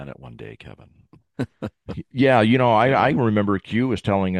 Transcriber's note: laughs